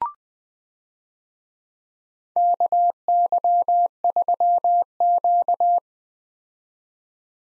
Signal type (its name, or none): Morse code